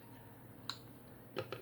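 A plastic double joint under the chest armor of a transforming robot toy is pushed upward until it locks, giving a sharp, bright click at 0.7 s as it seats in place. Three softer clicks and knocks follow at about 1.4, 1.5 and 1.7 s.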